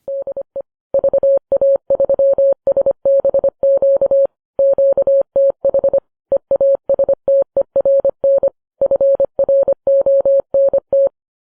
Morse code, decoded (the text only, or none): DE VA3SBQ QTH EASTERN FRONT